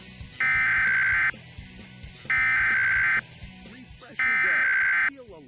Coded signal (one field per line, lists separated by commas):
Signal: Emergency Alert System (SAME) tones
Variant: header bursts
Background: speech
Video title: Required monthly test FEB-1-2026 (Red Ticket EAS Scrolling Text)